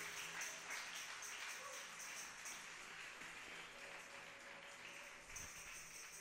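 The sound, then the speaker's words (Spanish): A church audience claps for the Lord together in a steady, dense wash of applause that holds evenly for several seconds, fairly faint, with no talking over it. “Fíjese, miren, denle palmas al Señor con todo el corazón si así lo desea.”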